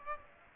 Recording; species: mosquito wingbeat signal from an infrared sensor; Aedes aegypti